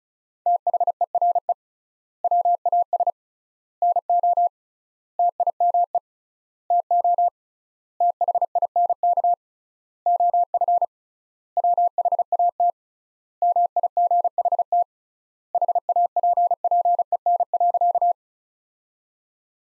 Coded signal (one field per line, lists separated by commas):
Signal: Morse code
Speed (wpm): 36 wpm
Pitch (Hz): 700 Hz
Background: none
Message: THERE WAS NO TIME TO THINK OF WHAT MIGHT HAPPEN.